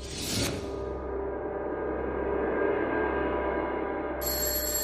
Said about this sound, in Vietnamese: Tiếng chuông báo thức ở điện thoại reo vang đánh thức An Di.